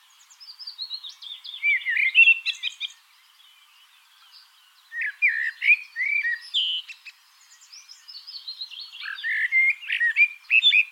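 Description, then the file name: Common blackbird song: three rich, mellow warbling phrases with short gaps, some finishing in thin squeaky twitters. "Turdus merula"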